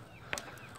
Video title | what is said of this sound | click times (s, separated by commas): How to Clamp-Down Wires and GY6 Case Brace 3 of 3 | And you want to make sure that this does get locked. You'll hear a snap. | 0.3 s